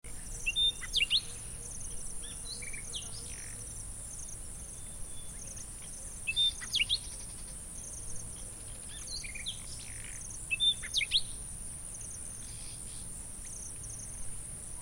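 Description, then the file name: Common nightingale song, short bursts of sharp, high chirps and trills separated by pauses, over a steady high hiss and low rumble. "Luscinia megarhynchos"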